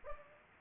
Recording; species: mosquito wingbeat signal from an infrared sensor; Anopheles gambiae